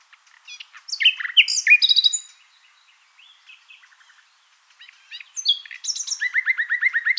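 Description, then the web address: Common nightingale song: varied phrases of sharp whistles, chirps and rattles, a pause, then a rapid run of repeated notes at the end. "songs luscinia megarhynchos call"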